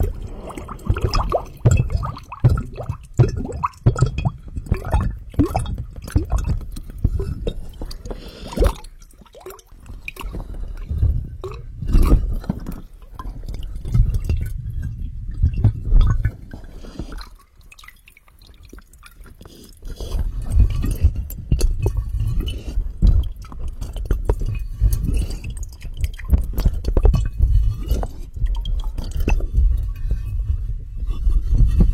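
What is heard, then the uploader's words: Under water, a muffled, low rumble with frequent soft clicks, pops and squishy bursts that come in dense, irregular clusters. Around 17 to 20 seconds the activity thins out to a quieter murmur before the busy popping and gurgling returns. 3D Under water.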